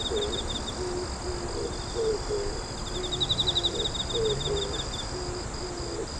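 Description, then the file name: Pigeon giving a series of low, soft coos over a continuous insect trill with rhythmic high pulses. "bird pigeon"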